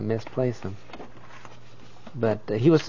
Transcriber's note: shuffles through some papers